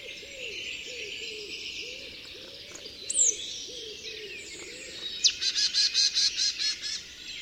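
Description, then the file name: Marsh tit call: a sharp high note, then a fast series of several buzzy notes near the end, over steady background chatter and a soft low repeated note. "Poecile palustris"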